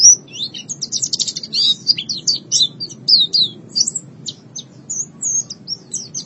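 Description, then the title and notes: White-eye song: rapid, high-pitched twittering of thin sliding notes, almost continuous, with a faint low background hum. "Suara kicauan burung pleci"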